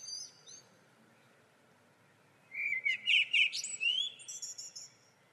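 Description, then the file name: Common blackbird gives one warbled phrase ending in high twitters, with a steady background hiss and a faint thin note at the start. "Turdus merula"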